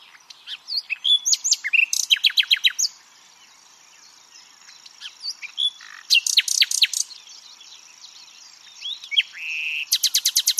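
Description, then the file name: Common nightingale singing: rapid pulsed notes and slurred whistles in bursts, a quiet gap midway, then a fast high repeated series at the end. "Luscinia megarhynchos"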